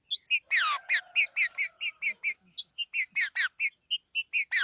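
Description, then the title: Green-winged saltator song of loud repeated ringing notes with a few long downward-swept slurs. "Trinca Ferro"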